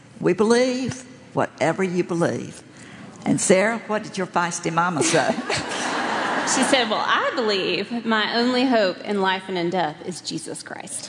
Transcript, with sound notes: We believe whatever you believe.” Sarah, what did your feisty mama say? (laughter)
She said, “Well, I believe my only hope in life and in death in Jesus Christ.”